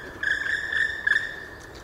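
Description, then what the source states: Black woodpecker call: a drawn-out, even-pitched ringing note lasting over a second, with slight pulses in strength. Recorded 6 December 2014 at Hofgarten Landshut.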